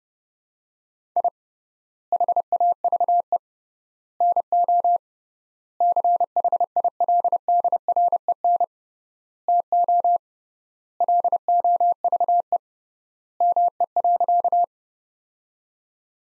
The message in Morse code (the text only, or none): I HAVE NO CHILDREN TO LOVE ME.